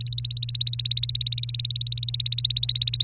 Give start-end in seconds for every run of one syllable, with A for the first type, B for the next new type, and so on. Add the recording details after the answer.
0.00-3.04 A. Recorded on 28 April 2018 at 05:50. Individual llb3